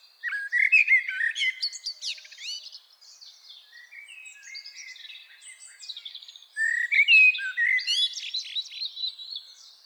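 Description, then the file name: Common blackbird singing mellow warbled phrases that break into thin, high twittering, in two loud bursts about six seconds apart with softer notes between. "Turdus merula"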